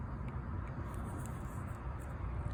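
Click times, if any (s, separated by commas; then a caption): none. Wire terminals are pushed four at a time into a plastic wiring harness connector for the external mood lighting on a Bennington pontoon boat, with a steady low rumble and faint scratchy handling noise throughout. Nothing has seated or clicked yet.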